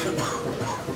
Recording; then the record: coughing mixed with background sound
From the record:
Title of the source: Cough Around the Clock!